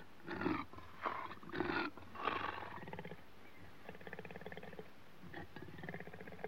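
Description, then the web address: Leopard giving four deep rasping growls in quick succession, then softer pulsed rasping breaths continuing at a steady rhythm. Leopards in Africa, recorded close up, growling and breathing. "Africa- The Natural World. Leopards- close up, growling and breathing"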